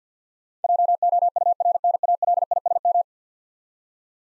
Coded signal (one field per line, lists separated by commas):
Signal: Morse code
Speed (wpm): 50 wpm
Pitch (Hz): 700 Hz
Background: none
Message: JOURNALISM